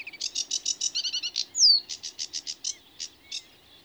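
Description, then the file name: Sedge warbler singing a brisk sequence of harsh chattering notes, a short trill, and a loud downslurred whistle before the phrase tapers off. "Rietzanger"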